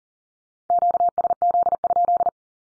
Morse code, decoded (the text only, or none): QSZ?